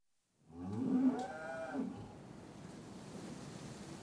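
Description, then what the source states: Cattle moo: a single drawn-out low call lasting over a second, starting strong and tailing off, followed by background noise. At a cattle crush.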